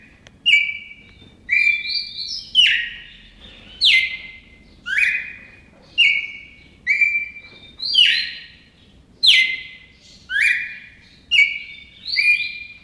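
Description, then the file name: Red-crested cardinal singing a series of clear whistled phrases, some steady and some slurring downward, with some higher overlapping notes. Song variation 4. "suara kicauan burung red crested cardinal variasi 4 omkicau"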